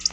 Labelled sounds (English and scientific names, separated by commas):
Black-throated Blue Warbler (Setophaga caerulescens) flight call